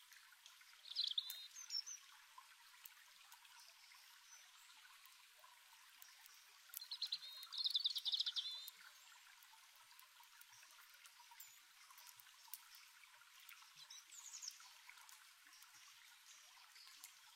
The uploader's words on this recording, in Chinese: 溪畔篝火之夜。一旁的小河轻声流淌，水波声萦绕耳畔。点燃的篝火温暖着四周，微风轻拂，伴随着清脆的鸟鸣声。